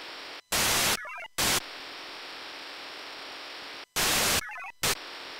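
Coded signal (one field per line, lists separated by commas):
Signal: HF data modem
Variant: VARA FM wide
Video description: Testing VARA-FM wide-mode communications on a tabletop with two radios connected to two separate sets of VARA-FM modem and VarAC application on the same PC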